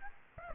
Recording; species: mosquito wingbeat signal from an infrared sensor; Aedes aegypti